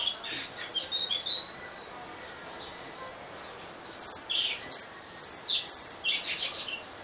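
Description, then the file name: European robin song, a quiet opening twitter, a pause, then a tumbling run of high sweet notes and trills. "Erithacus rubecula"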